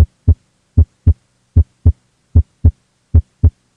Normal heart sounds. Physiologists refer to these sounds as S1, lub, and S2, dub. Both of these sounds are caused by closing of the heart valves.